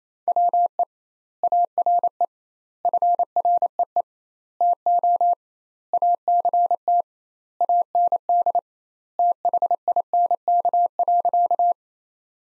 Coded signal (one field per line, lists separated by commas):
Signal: Morse code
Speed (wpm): 28 wpm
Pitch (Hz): 700 Hz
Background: none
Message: WE ARE FREE TO ACT AND THINK.